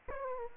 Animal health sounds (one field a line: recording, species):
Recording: mosquito wingbeat signal from an infrared sensor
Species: Aedes aegypti